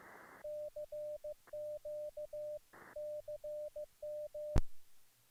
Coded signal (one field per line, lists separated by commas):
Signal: Morse code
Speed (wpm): 15 wpm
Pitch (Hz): 600 Hz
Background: none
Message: CQ CM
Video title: HF Signals zBitX. Internal FT8, All Band All Mode, Pocket SDR Ham Radio!